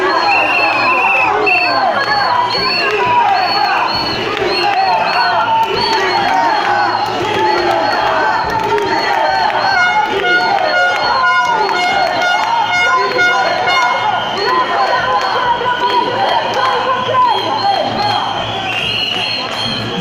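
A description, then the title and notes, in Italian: Demonstrators break away from a planned march, a dense crowd of overlapping voices shouting and talking, steady and loud throughout. Shrill whistles sound repeatedly over the crowd, with longer held whistle tones clustering around the middle of the clip. Cittadini liberi si distaccano dal corteo prestabilito.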